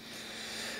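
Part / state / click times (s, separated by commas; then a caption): RC car axle part onto the plastic axle carrier / not seated / none. Using a tool, a part is being worked back onto the new plastic axle carrier of an RC car. Only a steady broadband hiss with a faint low hum is heard, with no sharp transients. Nothing has seated or snapped into place yet.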